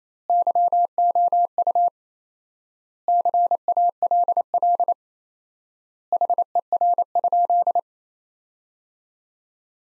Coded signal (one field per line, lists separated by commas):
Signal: Morse code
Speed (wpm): 28 wpm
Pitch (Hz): 700 Hz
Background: none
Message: YOU CALL HER?